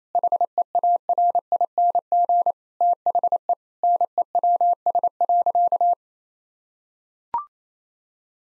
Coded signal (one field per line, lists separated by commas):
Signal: Morse code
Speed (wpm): 28 wpm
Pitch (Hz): 700 Hz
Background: none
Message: HEARING THE NEWS.